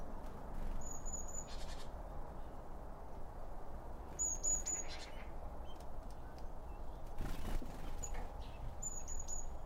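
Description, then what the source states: Birds at a feeder with very high thin whistled notes repeated every few seconds, short rustles and clicks, over steady low rumble. Birds around a bird feeder; recorded with two OM 1 microphones from Line Audio.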